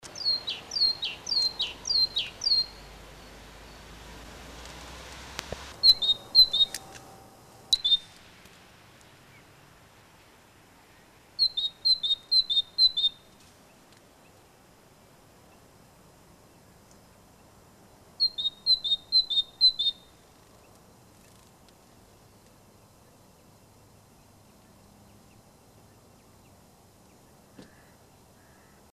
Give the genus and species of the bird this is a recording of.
Parus major